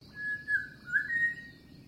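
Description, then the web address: Bird call: two clear whistled notes, the second slightly rising and held a little longer, over a faint low background hum. Unidentified bird call in mangroves. "Sound Effects-Foundation 1 BIRD UNKNOWN MAGROVES"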